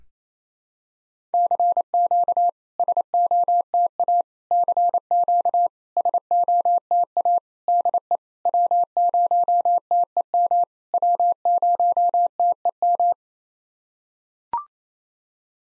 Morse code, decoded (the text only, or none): CQ SOTA CQ SOTA DE W0TEM W0TEM